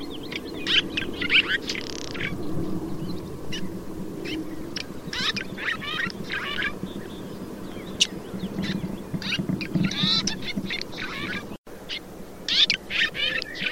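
Bird calls: many short harsh calls scattered throughout, over steady low background noise.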